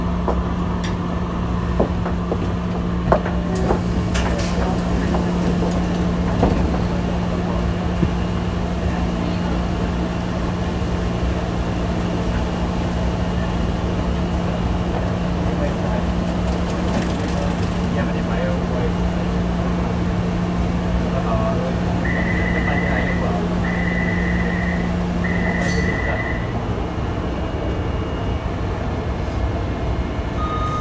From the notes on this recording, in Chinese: 從台北車站搭捷運上班